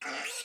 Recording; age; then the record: pig call; piglet (1 to 25 days)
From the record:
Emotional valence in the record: negative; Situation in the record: restrain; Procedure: in the arms of a person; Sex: female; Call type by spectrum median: high-frequency call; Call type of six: mixed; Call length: 0.45 s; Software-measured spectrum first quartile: 1737 Hz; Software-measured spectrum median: 2935 Hz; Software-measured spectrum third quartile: 6292 Hz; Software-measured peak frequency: 2747 Hz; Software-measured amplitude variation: 94 dB a second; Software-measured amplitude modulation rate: 22.4 a second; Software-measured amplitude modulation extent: 4.2 dB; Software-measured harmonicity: -0.4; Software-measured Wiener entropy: -1.50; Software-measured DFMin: 668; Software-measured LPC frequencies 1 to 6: 688, 1447, 2109, 2708, 3366, 4691 Hz